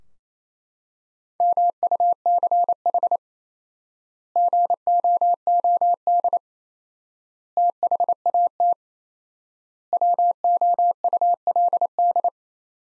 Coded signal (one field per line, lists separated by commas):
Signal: Morse code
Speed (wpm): 27 wpm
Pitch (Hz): 700 Hz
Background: none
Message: MUCH GOOD THAT WOULD